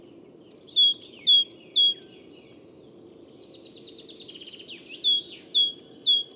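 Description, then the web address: Great tit song bouts of repeated two-note whistles, interrupted midway by a harsh buzzy chatter before the whistled phrases resume. "SETE data Parus major"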